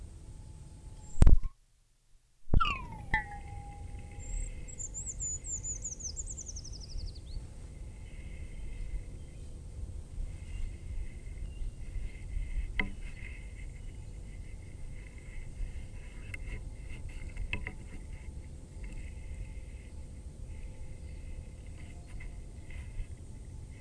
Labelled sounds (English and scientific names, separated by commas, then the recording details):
Eurasian Treecreeper (Certhia familiaris) song
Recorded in the wild
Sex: male
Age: adult
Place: Freiburg, Baden-Württemberg, DE
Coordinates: 47.9842, 7.87667
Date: 1960-03-11
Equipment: Vollspur
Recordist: Thielcke, Gerhard